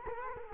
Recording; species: mosquito wingbeat signal from an infrared sensor; Culex quinquefasciatus